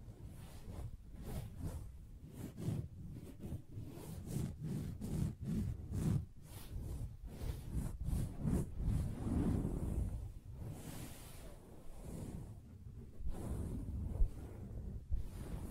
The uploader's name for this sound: Soft Fabric Surface Tapping & Scratching